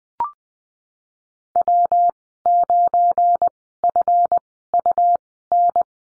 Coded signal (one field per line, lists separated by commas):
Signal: Morse code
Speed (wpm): 19 wpm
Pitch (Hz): 700 Hz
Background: none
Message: W9FUN